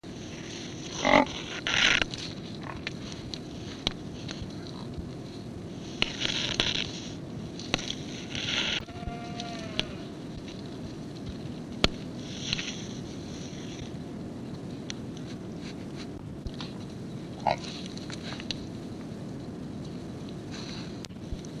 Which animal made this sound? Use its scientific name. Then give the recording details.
Syncerus caffer. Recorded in captivity. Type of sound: call. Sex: female. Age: adult. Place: Tierpark Berlin, Berlin, DE. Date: 1965-11-04. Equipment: Englisches Reportergerät, Kopie Qualiton. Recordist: Altmann, Dagmar. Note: Kaffernbüffel, Kuh: zwei Rufe, wohl durch Beobachter ausgelöst